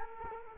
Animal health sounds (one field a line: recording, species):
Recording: mosquito wingbeat signal from an infrared sensor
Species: Culex quinquefasciatus